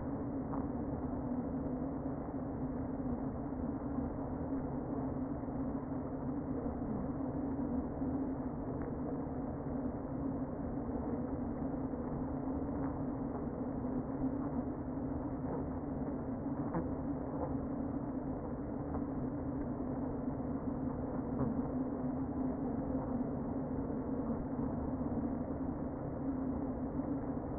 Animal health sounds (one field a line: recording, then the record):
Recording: honeybee colony, microphone inside the hive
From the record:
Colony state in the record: queen present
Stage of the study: before two queens were removed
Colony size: about 60,000 bees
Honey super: yes